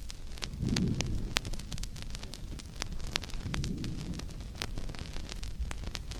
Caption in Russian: В норме над легким выслушивается визикулярное дыхание. Прослушайте визикулярное дыхание.